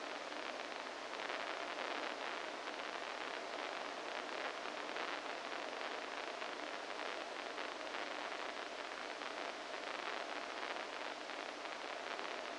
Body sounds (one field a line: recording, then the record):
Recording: brain microelectrode recording played as sound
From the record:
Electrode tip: inside the subthalamic nucleus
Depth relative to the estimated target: -1 mm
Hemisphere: right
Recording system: NeuroSet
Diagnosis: Parkinson's disease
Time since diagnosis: 14 years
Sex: male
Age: 51 years